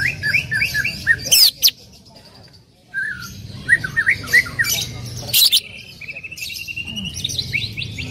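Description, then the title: Greater green leafbird giving harsh squawks and quick slurred chirps, a brief pause, then more chattering notes and a run of thin whistles. Female calling to a male, described as very actively and excitedly vocal. "CUCAK IJO BETINA GACOR HIPER MEMANGGIL JANTAN"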